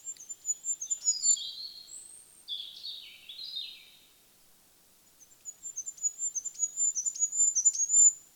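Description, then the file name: Goldcrest song: a very high, thin run of repeated notes, a lower twittering phrase, a silent gap, then another rapid, high-pitched series rising in strength. "Goudhaan"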